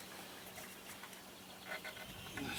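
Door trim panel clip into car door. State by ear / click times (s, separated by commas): not seated / none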